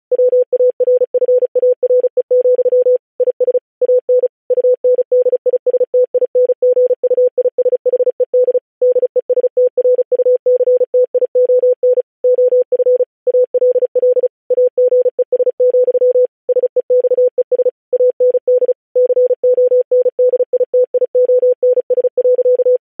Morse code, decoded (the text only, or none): WARFARE, IS AN UNDISTINGUISHED DESTRUCTION OF ALL AGES, SEXES AND CONDITIONS.